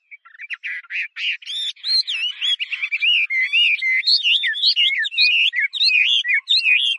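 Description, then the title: Chinese hwamei song: a continuous, loud, varied stream of slurred whistles and rapid warbled notes, jumping up and down in pitch throughout. "画眉鸟的叫声"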